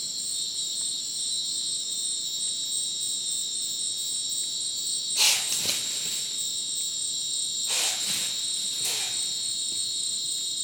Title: Madidi National Park, Ucumari, Bolivia - Supersonic Crickets in the rainforest